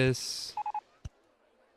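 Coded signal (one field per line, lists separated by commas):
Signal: none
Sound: game's beeping sounds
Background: speech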